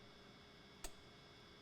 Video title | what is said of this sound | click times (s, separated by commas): S&B Install - 68 Gallon Fuel Tank for 2017-27 Ford Powerstroke 6.7L Crew Cab Long Bed | hear the audible click | 0.9 s